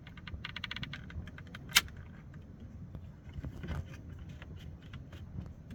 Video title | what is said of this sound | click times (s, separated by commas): Lexus GS Phone Mount 2013-2020 Installation | and then just push it so that this clip snaps into place | 1.8 s